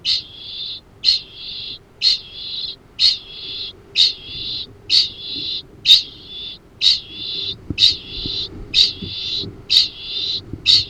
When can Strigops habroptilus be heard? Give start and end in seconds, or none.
0.01-10.89